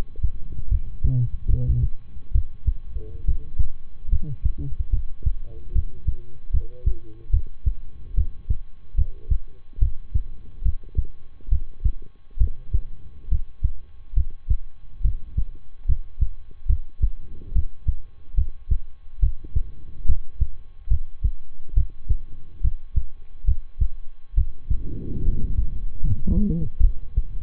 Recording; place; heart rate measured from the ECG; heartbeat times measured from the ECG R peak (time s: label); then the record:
heart sounds by stethoscope; between the tricuspid and mitral areas; 71 bpm
0.68 s: heartbeat
1.46 s: heartbeat
2.31 s: heartbeat
3.24 s: heartbeat
4.08 s: heartbeat
4.89 s: heartbeat
5.72 s: heartbeat
6.50 s: heartbeat
7.30 s: heartbeat
8.14 s: heartbeat
8.94 s: heartbeat
9.78 s: heartbeat
10.62 s: heartbeat
11.48 s: heartbeat
12.37 s: heartbeat
13.28 s: heartbeat
14.13 s: heartbeat
15.01 s: heartbeat
15.85 s: heartbeat
16.66 s: heartbeat
17.52 s: heartbeat
18.34 s: heartbeat
19.19 s: heartbeat
20.05 s: heartbeat
20.87 s: heartbeat
21.73 s: heartbeat
22.60 s: heartbeat
23.44 s: heartbeat
24.34 s: heartbeat
25.22 s: heartbeat
26.00 s: heartbeat
26.80 s: heartbeat
From the record:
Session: rest, lying down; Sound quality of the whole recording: good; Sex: male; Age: 23 years